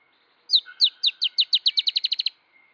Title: LuckyPassaro Completos2Sama. Dusky-tailed Antbird (Drymophila malura)